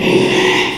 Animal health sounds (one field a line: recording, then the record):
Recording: squeal of a Yucatan mini pig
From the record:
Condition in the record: after surgery on the right vocal fold (resection and tissue-engineered implant)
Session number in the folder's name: 1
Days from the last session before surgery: 6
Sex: male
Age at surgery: 12 weeks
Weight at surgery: 13 kg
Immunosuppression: cyclosporine, prednisolone